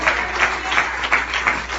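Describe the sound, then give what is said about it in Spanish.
A church audience applauds the God of glory together, a dense wash of many hands clapping with a steady, rhythmic pulse of louder beats roughly three times a second, with no voices over it. “¿Será que usted le aplaude al Dios de la gloria en esta hora?”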